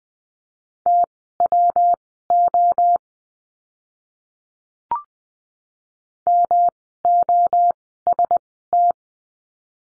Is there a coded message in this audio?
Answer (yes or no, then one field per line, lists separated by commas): yes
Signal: Morse code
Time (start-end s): 0.9-8.9 s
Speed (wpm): 20 wpm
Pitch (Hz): 700 Hz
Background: none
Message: TWO MOST